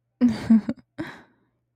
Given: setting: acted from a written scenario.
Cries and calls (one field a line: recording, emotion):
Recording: vocal sound without words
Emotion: romantic love